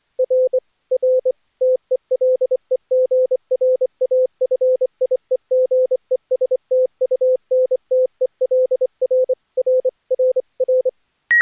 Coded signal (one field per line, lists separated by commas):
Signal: Morse code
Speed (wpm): 16 wpm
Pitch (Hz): 500 Hz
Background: none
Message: RR TELEGRAFIE GESTUNTEL RRRR